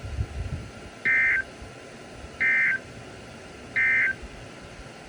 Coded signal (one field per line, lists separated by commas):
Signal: Emergency Alert System (SAME) tones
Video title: Severe Thunderstorm Warning (EAS 2394) 7/29/23